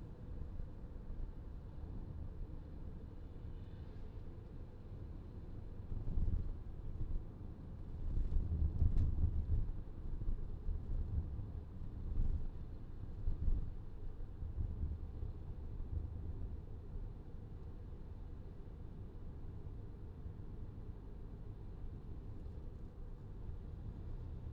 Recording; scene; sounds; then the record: everyday scene through a hearing-aid microphone; in a vehicle; engine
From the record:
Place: VW T5 Caravelle, diesel engine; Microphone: in the ear canal, left